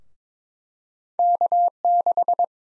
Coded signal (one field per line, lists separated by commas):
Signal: Morse code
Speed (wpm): 21 wpm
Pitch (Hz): 700 Hz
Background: none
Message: K6